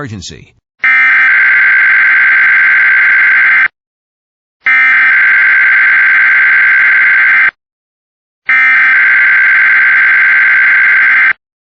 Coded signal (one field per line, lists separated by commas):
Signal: Emergency Alert System (SAME) tones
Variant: header bursts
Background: speech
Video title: EAS Catches #9-12 (EAS) Required Weekly Tests from today and yesterday